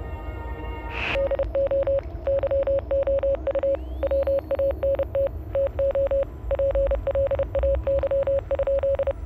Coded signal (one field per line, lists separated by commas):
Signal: Morse code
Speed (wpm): 30 wpm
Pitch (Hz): 550 Hz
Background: none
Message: DO YOU WANT TO PLAY?